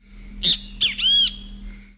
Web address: Bem Te Vi